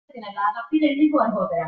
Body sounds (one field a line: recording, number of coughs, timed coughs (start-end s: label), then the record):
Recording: no coughing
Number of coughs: 0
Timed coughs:
none
From the record:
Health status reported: healthy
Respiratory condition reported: no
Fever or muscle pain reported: no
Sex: male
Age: 59 years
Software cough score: 0.04